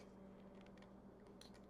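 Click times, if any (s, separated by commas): 1.4 s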